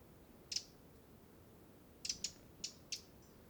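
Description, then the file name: Eurasian wren giving sharp, dry ticking calls: one click, then after a pause a quick run of several irregular ticks, over a steady background hiss. "Troglodytes troglodytes"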